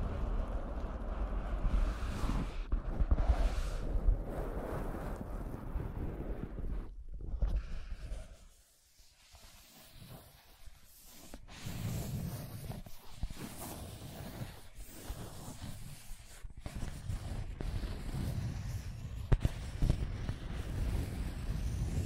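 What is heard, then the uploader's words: Scratching and tracing across a surface: a rough, continuous rasp, heaviest in the low end, with short sharp strokes and ticks scattered through it. The sound drops almost to silence around eight to nine seconds, then resumes with steady scraping and occasional louder clicks. ASMR Brain Tingling Scratching & Tracing (No Talking).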